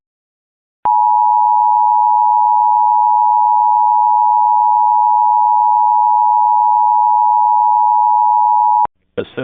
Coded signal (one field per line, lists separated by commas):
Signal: Emergency Alert System (SAME) tones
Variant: 853 and 960 Hz attention tone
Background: speech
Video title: (WXrchive) EAS Required Monthly Test for Indiana - 1/23/26